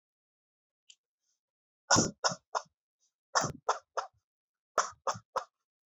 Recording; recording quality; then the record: shallow voluntary cough; excellent, no background noise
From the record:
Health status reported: healthy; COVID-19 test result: negative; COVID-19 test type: RT-PCR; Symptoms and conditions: cold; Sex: male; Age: 29 years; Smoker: no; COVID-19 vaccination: one dose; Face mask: not worn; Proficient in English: yes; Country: India